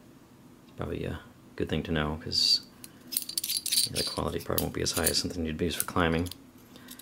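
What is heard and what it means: Someone talks while working the gate of the small metal carabiner that comes with a Bisgear 14-piece camping cookware set, moving it toward its closed, locked position. A quick burst of light metallic jangling and clicking is heard around 3.2 to 3.7 s, with faint ticks near 6.9 and 7.0 s. The clip ends before the gate goes home, so nothing has seated or locked yet.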